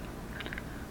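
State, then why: Seated. A magnetic clip charging cable is attached to the back of a Fitbit smartwatch (Ionic or Blaze) and snaps into place. Short, sharp clicks are heard at 0.5 s and 0.6 s over a steady low background hum. The charger is seated on the watch.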